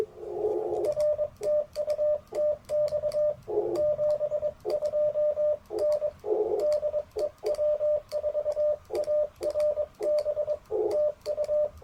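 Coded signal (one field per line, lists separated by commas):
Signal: Morse code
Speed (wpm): 21 wpm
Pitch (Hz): 600 Hz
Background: radio noise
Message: R TU TX 72 N DE W4ARB TU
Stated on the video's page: QRP CW Parks on the Air activation sent with paddles on an Icom IC-705 into a Chelegance MC-750 antenna.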